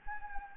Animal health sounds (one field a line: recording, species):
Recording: mosquito wingbeat signal from an infrared sensor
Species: Anopheles gambiae